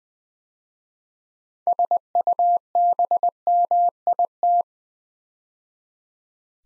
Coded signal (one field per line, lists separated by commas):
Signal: Morse code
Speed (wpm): 20 wpm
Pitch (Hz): 700 Hz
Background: none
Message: SUBMIT